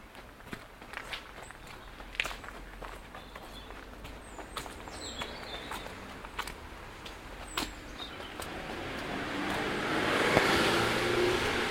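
A stroll through Woodwell in Silverdale: scattered footsteps and small clicks over a quiet hiss, with a vehicle's rushing sound swelling in near the end.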